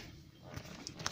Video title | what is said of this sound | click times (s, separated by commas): How to replace gauge cluster bulbs Ford Econoline E150, E250, E350, 2002. Remove Dash panel on van. | As you can see, it pops right in. | 0.9 s, 1.1 s